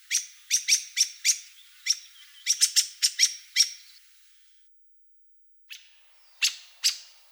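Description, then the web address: Black-throated thrush rasping chack notes in two quick bursts, then silence and three more scattered harsh notes. "soud Drozd chernozobyj"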